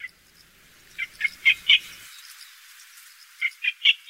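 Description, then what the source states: Yellow bittern calls: a run of four short notes, a gap of nearly two seconds, then another four in quick series. Juvenile bird.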